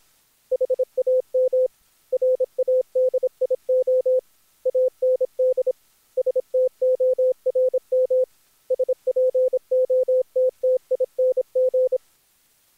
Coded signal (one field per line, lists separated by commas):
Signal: Morse code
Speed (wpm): 26 wpm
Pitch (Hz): 510 Hz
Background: none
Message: HAM RADIO AND STORM SPOTTING